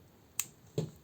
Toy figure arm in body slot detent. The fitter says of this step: pull it out like so and it kind of moves freely in that slot pull it out until it clicks